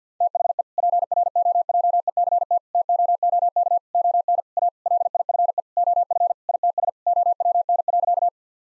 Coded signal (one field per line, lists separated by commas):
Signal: Morse code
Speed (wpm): 50 wpm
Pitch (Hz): 700 Hz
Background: none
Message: THE PROJECT TOOK ON A LIFE OF ITS OWN.